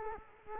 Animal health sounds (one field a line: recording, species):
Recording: mosquito wingbeat signal from an infrared sensor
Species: Culex quinquefasciatus